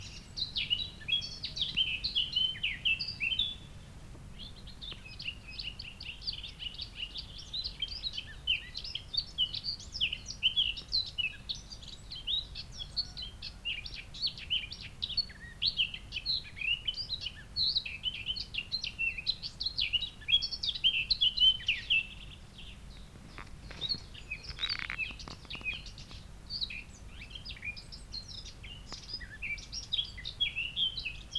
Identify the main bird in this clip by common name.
Eurasian Blackcap